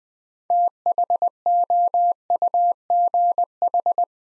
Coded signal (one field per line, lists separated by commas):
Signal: Morse code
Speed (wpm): 20 wpm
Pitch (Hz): 700 Hz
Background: none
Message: THOUGH